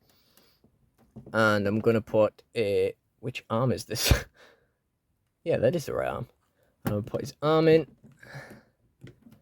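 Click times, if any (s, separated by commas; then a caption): none. A plastic arm is pushed into the shoulder joint of a wrestling action figure while someone talks, with a few faint small taps near the end. The arm fails to click into place, and nothing has seated or clicked yet.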